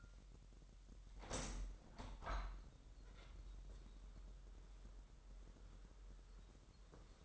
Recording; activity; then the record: daily activity, microphone in the room; open window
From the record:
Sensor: 3